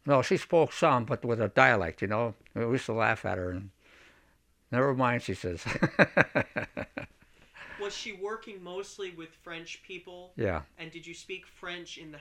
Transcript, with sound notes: She spoke some but with a dialect, you know. We used to laugh at her. And "Never mind," she says. (he laughs)
Was she working mostly with French people?
Yeah.
And did you speak French in the house?